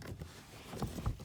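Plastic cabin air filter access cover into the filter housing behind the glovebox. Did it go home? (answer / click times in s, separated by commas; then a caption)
no / none. On a Focus RS, the plastic cabin air filter access cover is handled at the filter housing behind the glovebox after a new cabin air filter has been slid into the housing. Soft, low handling thumps and rustles are heard, strongest around 0.8 and 1.1 seconds, over a faint steady background. Nothing has seated or clicked yet.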